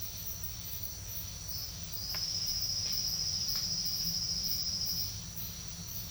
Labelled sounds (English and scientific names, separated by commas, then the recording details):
none
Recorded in secondary vegetation near Puerto Asís, Putumayo, Colombia, on 8 March 2025 at 08:00
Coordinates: 0.498, -76.327
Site G001